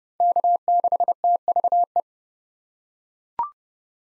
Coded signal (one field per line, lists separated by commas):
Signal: Morse code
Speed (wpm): 28 wpm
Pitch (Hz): 700 Hz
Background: none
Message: K6TVE